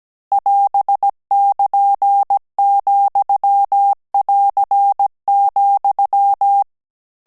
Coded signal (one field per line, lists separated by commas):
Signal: Morse code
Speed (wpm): 17 wpm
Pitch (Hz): 800 Hz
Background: none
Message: <AS><KN>,<AR>,